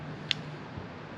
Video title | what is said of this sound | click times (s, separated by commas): Meet the Kush Knife – The Ultimate Cannabis Multi-Tool - Full Demo with Dan! | you can hear them clicking into place and when they're fully opened and fully closed | 0.3 s